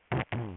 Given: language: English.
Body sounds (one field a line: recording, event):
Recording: throat vibration sensor signal played as sound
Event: throat clearing